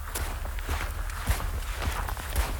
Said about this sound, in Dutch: We lopen nu met hem mee, achter hem aan over een onverharde landweg.